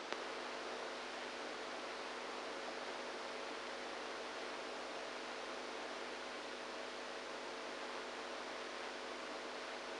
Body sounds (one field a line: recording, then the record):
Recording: brain microelectrode recording played as sound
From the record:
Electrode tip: inside the subthalamic nucleus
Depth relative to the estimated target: -4 mm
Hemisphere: right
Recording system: NeuroSet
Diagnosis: Parkinson's disease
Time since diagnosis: 27 years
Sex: male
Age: 62 years